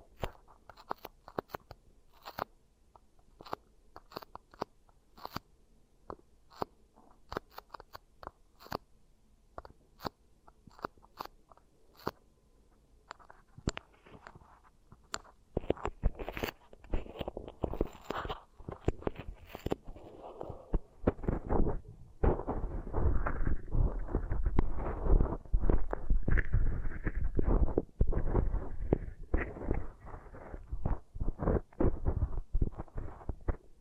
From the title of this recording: Beeswax Ear Triggers